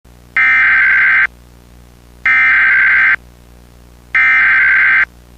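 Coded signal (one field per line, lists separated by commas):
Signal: Emergency Alert System (SAME) tones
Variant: header bursts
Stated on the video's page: Recreation of an Amber Alert made with an EAS-1CG screen, containing valid EAS tones.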